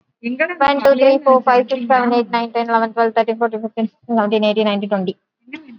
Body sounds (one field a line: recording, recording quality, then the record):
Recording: counting at a fast pace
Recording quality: excellent, no background noise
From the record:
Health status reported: exposed to COVID-19, no respiratory illness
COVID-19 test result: negative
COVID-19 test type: RT-PCR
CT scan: not taken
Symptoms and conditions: none ticked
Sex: female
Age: 23 years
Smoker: no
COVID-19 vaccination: one dose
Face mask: worn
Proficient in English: yes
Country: India